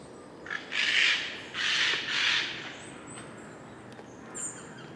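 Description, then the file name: Eurasian jay giving harsh, raspy screeches, three broad noisy bursts in quick succession, followed by faint high thin notes in the background. "Garrulus glandarius"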